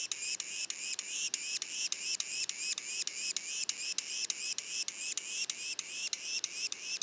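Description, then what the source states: Yellow-bellied sapsucker young making regular nasal upslurred calls, around three and a half per second, with crisp clicks between notes. Juveniles, Mont-Orford National Park, Quebec; mono recording.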